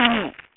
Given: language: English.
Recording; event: throat vibration sensor signal played as sound; throat clearing